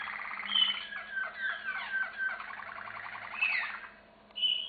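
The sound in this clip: Canary song of bright whistled notes and quick trills, ending with a short high whistle.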